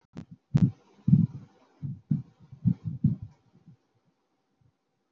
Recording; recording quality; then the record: shallow breathing; poor, much background noise or distortion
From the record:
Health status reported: healthy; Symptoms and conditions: hypertension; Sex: female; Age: 47 years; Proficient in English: yes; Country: India